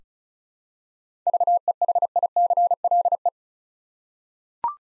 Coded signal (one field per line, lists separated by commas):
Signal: Morse code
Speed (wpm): 36 wpm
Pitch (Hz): 700 Hz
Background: none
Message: VEHICLE